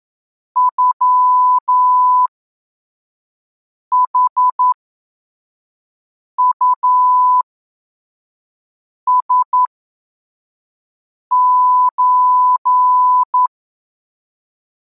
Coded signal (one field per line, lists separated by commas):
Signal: Morse code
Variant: Russian alphabet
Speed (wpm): 11 wpm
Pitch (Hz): 1000 Hz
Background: none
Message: ЮХУСЧ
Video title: Азбука Морзе. Урок 12. Тексты для отработки приёма. Скорость 3 гр/м.